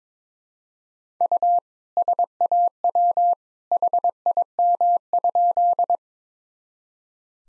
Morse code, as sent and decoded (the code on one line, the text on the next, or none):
..- / ... .- .-- / .... .. -- ..--..
U SAW HIM?